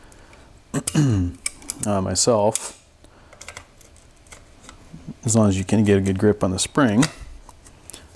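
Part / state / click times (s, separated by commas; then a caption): magazine extension base onto pistol magazine body / seated / 7.9 s. A polymer Taylor Freelance +5 magazine extension base is slid onto an HK P30/P30L/VP9 pistol magazine body while the magazine spring is held compressed, as someone talks. A few faint taps are heard in between, then the extension base snaps home and seats into place with a sharp click at 7.9 s.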